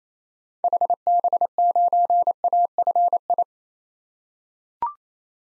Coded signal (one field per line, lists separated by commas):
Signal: Morse code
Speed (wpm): 28 wpm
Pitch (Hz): 700 Hz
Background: none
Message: HB9AFI